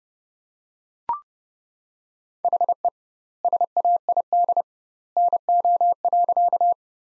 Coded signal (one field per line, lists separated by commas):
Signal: Morse code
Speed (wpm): 30 wpm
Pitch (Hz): 700 Hz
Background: none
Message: HE SAID NO.